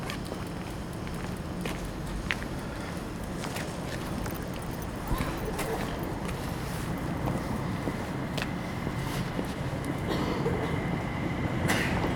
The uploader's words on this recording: Captured in the early morning on a cold and damp train station platform. Commuters are gradually filling up the platform in preparation to board trains to their place of work.